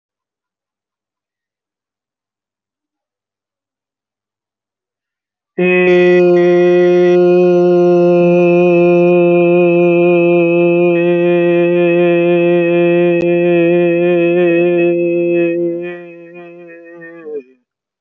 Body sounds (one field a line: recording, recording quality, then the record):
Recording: sustained vowel as in made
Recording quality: excellent, no background noise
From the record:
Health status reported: healthy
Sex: male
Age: 24 years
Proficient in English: yes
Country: India